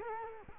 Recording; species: mosquito wingbeat signal from an infrared sensor; Culex quinquefasciatus